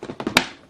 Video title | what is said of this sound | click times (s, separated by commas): SkyTrainer T2M - Simple et efficace - Montage en seulement quelques minutes | c'est clipsé c'est parfaitement fixé il y a pas de souci | 0.4 s